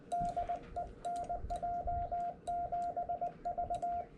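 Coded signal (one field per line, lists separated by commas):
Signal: Morse code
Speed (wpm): 20 wpm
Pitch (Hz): 700 Hz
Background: radio noise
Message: DE NJ7V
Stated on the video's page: CW contacts on 18 MHz during a Parks on the Air activation, sent with a Vibroplex Bencher BY-2 paddle.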